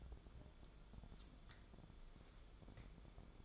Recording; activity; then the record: daily activity, microphone in the room; take from stove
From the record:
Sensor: 5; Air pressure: 1010.4 hPa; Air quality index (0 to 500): 112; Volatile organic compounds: 2 ppm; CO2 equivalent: 1098 ppm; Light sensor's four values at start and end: 547/1393/578/663 and 579/1474/611/710